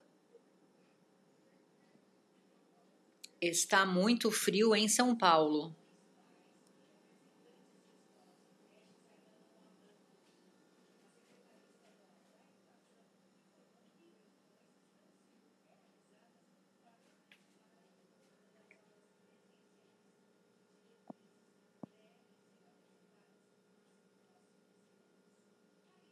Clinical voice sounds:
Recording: spoken sentence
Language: Brazilian Portuguese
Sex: female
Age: 50 to 59 years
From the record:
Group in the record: control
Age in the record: 53 years

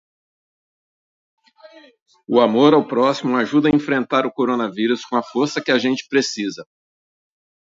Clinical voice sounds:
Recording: spoken sentence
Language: Brazilian Portuguese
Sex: male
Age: 50 to 59 years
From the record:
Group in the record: control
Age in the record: 55 years

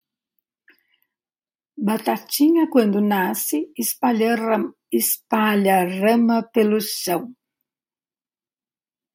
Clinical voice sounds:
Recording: short text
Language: Brazilian Portuguese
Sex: female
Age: 80 to 89 years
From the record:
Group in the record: control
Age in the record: 82 years

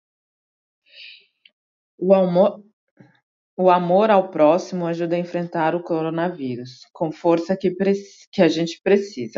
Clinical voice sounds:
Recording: spoken sentence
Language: Brazilian Portuguese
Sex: female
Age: 30 to 39 years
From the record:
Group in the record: control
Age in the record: 39 years

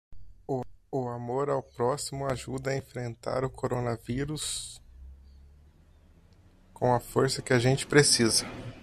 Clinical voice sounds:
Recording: spoken sentence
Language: Brazilian Portuguese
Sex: male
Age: 30 to 39 years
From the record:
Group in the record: control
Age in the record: 31 years

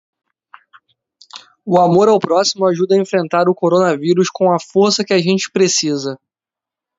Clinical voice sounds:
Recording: spoken sentence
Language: Brazilian Portuguese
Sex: male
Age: 20 to 29 years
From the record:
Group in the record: control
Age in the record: 27 years

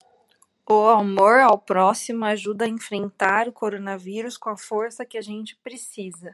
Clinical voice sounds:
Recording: spoken sentence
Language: Brazilian Portuguese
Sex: female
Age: 30 to 39 years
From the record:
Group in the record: control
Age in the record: 31 years

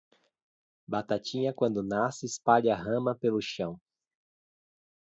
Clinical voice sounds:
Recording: short text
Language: Brazilian Portuguese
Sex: male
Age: 30 to 39 years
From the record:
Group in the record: control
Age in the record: 34 years

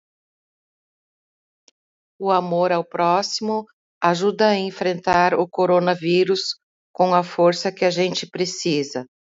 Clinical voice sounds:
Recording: spoken sentence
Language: Brazilian Portuguese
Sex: female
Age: 50 to 59 years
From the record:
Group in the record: control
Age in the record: 57 years

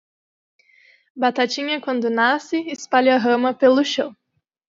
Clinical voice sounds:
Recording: short text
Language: Brazilian Portuguese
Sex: female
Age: 20 to 29 years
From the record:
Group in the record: control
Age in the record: 26 years

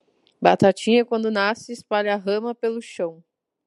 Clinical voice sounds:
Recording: short text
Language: Brazilian Portuguese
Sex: female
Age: 30 to 39 years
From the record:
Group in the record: control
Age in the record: 37 years

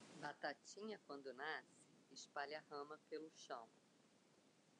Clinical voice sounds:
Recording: short text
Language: Brazilian Portuguese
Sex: female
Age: 50 to 59 years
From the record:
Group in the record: control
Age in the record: 56 years

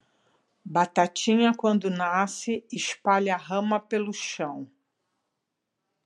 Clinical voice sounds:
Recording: short text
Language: Brazilian Portuguese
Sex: female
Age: 60 to 69 years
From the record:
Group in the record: control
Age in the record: 64 years

